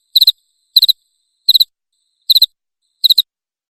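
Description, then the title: Cricket sounding five high, trilled chirps of three pulses each, spaced under a second apart. Loud cricket chirping meant to make a lovebird keep singing (ngekek). "Suara JANGKRIK NGERIK Keras Bikin LOVEBIRD Jadi NGEKEK Terus Vubey"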